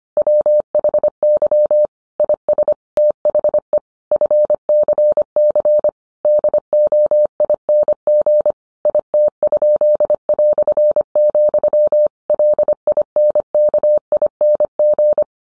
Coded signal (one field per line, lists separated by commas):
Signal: Morse code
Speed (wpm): 25 wpm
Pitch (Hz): 600 Hz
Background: none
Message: WHY IS THE FCC DOING IT?", LINKING